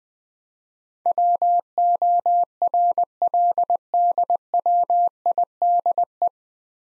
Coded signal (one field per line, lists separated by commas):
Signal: Morse code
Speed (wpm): 21 wpm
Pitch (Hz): 700 Hz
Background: none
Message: WORLDWIDE